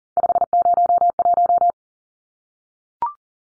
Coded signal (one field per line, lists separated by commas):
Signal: Morse code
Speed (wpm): 40 wpm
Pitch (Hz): 700 Hz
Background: none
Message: 501